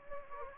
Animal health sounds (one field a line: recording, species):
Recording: mosquito wingbeat signal from an infrared sensor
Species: Anopheles gambiae